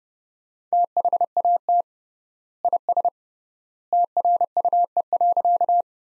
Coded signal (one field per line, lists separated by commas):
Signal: Morse code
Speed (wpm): 30 wpm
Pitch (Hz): 700 Hz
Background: none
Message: THAT IS TRUE.